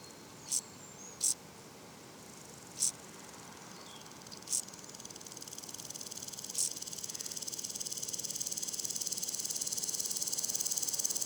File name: criquets noirs ebenes differentes stridulations longue breves criquets duettistes le Puech F